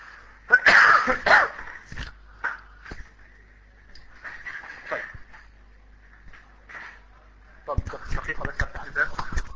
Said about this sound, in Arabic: طيب سامعوني بكح، جابوا لي ميه والله، شيء لطيف جدا.